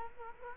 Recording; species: mosquito wingbeat signal from an infrared sensor; Culex quinquefasciatus